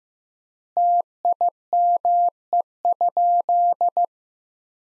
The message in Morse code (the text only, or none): TIME?